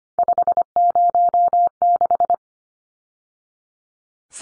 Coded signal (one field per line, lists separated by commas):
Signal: Morse code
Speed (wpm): 25 wpm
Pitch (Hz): 700 Hz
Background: none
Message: 506